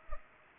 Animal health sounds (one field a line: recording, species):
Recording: mosquito wingbeat signal from an infrared sensor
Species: Culex pipiens